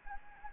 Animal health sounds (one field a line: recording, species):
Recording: mosquito wingbeat signal from an infrared sensor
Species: Anopheles gambiae